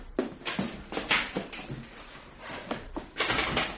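A door is eased open quietly as people sneak out of a house, with a series of soft, irregular scrapes and clicks spread over a few seconds and no voices.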